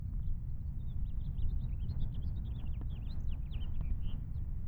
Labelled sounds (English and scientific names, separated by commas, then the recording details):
House Finch (Haemorhous mexicanus) song
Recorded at Wantagh on Long Island, New York, on 21 May 1975
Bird G